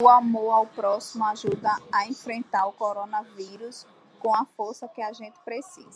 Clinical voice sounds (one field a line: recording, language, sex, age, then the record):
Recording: spoken sentence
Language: Brazilian Portuguese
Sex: female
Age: 30 to 39 years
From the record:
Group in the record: control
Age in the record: 38 years